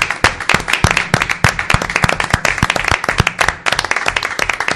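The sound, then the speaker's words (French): A crowd breaks into steady, dense applause for a guest who made them laugh, many hands clapping at once with a few sharper individual claps standing out, sustained at an even loudness throughout. “On va applaudir, je prends encore une fois, parce qu'il nous a bien fait marrer.”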